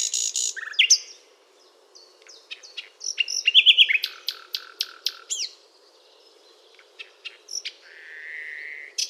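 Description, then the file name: Common nightingale delivering a dense, varied phrase of chirps and trills, then a series of sharp repeated notes and a drawn-out whistle, over soft background noise. "Luscinia megarhynchos"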